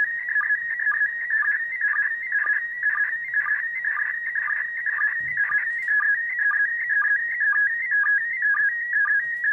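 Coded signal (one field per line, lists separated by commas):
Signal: SSTV (slow-scan television)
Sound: continuous warbling, chirping tone with a steady rhythmic tick about twice a second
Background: faint radio noise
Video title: ISS SSTV 20 Years ARISS Part 6! 27.12.2020!🎅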